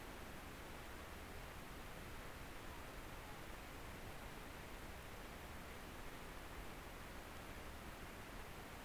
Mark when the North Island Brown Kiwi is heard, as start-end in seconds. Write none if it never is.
none